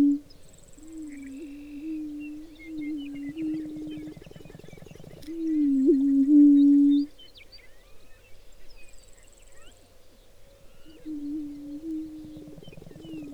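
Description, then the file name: Prairie chicken booming chorus: low hollow moaning notes at one steady pitch, overlapping and swelling, with a louder boom midway and faint chirps and whistles of other birds above. Booming chorus of several birds. "Walsh Chicken Boom Chorus"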